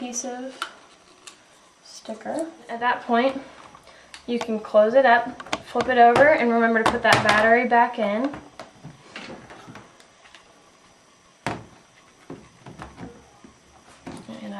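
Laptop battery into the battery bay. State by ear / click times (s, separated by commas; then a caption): not seated / none. Someone talks while closing up an HP Pavilion G6 laptop, flipping it over and pushing its battery into the battery bay. Short hard knocks and plastic clatter follow from about 8.6 to 12.8 s, the loudest near 11.5 s. The battery is in backwards and does not latch, so nothing has seated or clicked yet.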